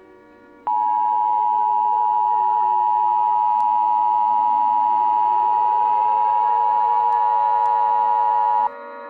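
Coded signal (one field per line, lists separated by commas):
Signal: Emergency Alert System (SAME) tones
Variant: 853 and 960 Hz attention tone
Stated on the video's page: Fictional EAS scenario.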